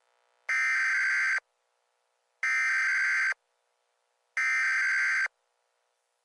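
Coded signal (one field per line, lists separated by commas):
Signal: Emergency Alert System (SAME) tones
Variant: header bursts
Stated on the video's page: Fictional EAS scenario with valid SAME tones, fake hurricane alert.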